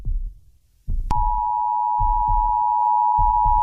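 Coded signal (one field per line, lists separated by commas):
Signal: Emergency Alert System (SAME) tones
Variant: 853 and 960 Hz attention tone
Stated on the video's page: Emergency alert broadcast in a fictional horror story.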